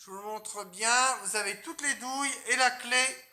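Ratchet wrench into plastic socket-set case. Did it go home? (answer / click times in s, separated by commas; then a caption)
no / none. A ratchet wrench is being handled over its plastic socket-set case, where it will be pressed in between the sockets and held by lugs. Only someone talking is heard. Nothing has seated or clicked yet.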